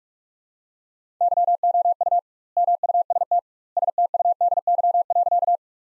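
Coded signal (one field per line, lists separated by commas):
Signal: Morse code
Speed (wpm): 46 wpm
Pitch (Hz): 700 Hz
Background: none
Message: YOU MUST STUDY.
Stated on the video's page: Practice sentences from top 300 words at 45 wpm with double word spacing, a word-level Farnsworth-like method.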